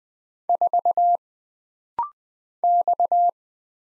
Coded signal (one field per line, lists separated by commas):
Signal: Morse code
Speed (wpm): 20 wpm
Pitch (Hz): 700 Hz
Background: none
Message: 4 X